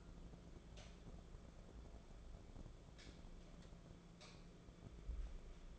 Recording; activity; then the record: daily activity, microphone in the room; light on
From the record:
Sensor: 5